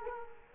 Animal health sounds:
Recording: mosquito wingbeat signal from an infrared sensor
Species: Culex quinquefasciatus

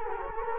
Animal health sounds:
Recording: mosquito wingbeat signal from an infrared sensor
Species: Culex quinquefasciatus

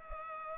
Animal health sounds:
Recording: mosquito wingbeat signal from an infrared sensor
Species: Culex pipiens

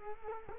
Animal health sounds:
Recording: mosquito wingbeat signal from an infrared sensor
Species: Culex quinquefasciatus

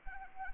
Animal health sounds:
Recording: mosquito wingbeat signal from an infrared sensor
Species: Anopheles arabiensis

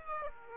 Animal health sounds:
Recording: mosquito wingbeat signal from an infrared sensor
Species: Aedes aegypti

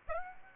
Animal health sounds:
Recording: mosquito wingbeat signal from an infrared sensor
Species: Aedes aegypti

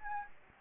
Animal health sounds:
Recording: mosquito wingbeat signal from an infrared sensor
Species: Anopheles gambiae

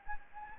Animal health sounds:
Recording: mosquito wingbeat signal from an infrared sensor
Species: Anopheles gambiae

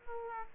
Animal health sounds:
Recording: mosquito wingbeat signal from an infrared sensor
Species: Aedes aegypti

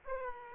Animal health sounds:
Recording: mosquito wingbeat signal from an infrared sensor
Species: Aedes aegypti

